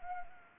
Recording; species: mosquito wingbeat signal from an infrared sensor; Anopheles gambiae